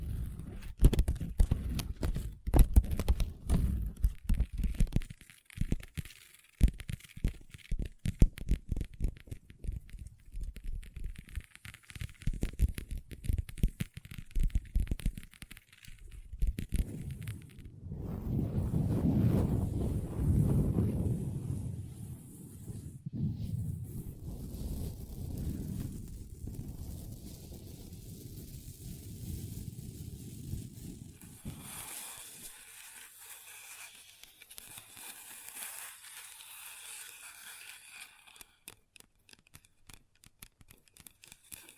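Long nails tap and scratch on a table, starting with quick, uneven clicks that thin out by about seven seconds. From around seventeen to thirty seconds a low, rubbing scrape swells and fades, and near the end a brighter, hissing scratch runs from about thirty-one to thirty-eight seconds.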